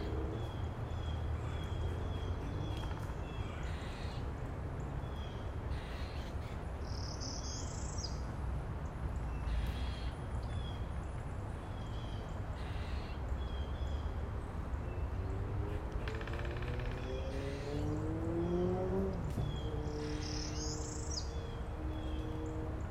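Short, crisp bird chirps break through a steady low roar of an airplane passing overhead. The chirps come in brief bright bursts around seconds 7, 10 and 21, while from about 15 seconds a rising engine whine becomes clearer and holds steady to the end.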